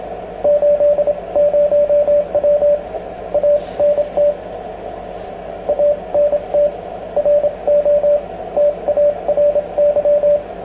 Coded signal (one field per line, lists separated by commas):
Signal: Morse code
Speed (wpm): 25 wpm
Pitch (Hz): 590 Hz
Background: radio noise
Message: 80W ANT ANT ROTARY